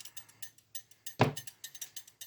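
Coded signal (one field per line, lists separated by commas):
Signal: none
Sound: tape deck mechanism clicks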